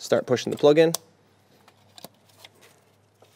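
Someone talks briefly while a plastic wiring harness connector is pushed by hand onto an ignition coil of a BMW N52 engine (F25 X3, 328i), before its locking lever is used. After the talking, a few faint, short, sharp ticks sound between about 1.7 and 2.5 seconds in an otherwise quiet space. Nothing has seated or clicked home yet.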